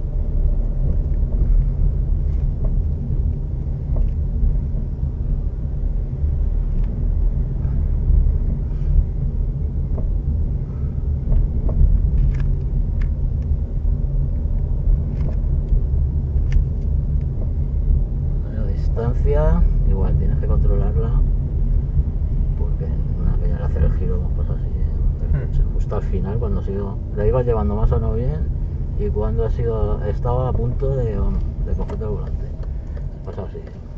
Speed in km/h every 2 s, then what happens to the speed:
19, 20, 19, 19, 20, 19, 17, 19, 18, 19, 19, 17, 16, 15, 16, 15, 9.
0-30 steady at about 19. 30-34 slows to 9.